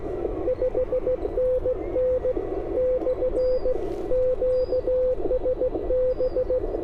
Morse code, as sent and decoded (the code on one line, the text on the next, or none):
..... -. -. / -..-. / --.- ... -...
5NN / QSB